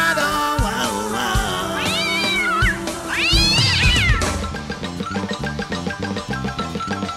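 animal, cat meowing sound effect

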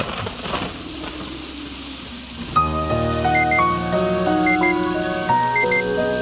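nature, rain

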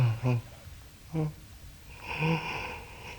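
human body sound, yawning

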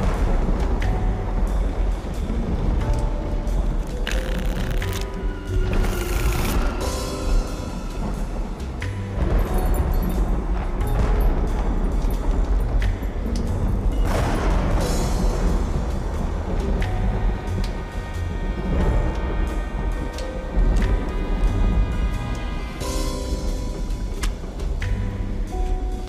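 nature, thunder rumbling

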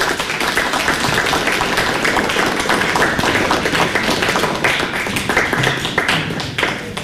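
crowd, audience applause

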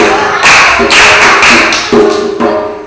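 crowd, clapping hands

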